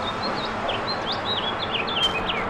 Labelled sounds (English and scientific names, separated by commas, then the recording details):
House Finch (Haemorhous mexicanus) song
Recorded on Long Island, New York, on 17 May 2012
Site LB
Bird A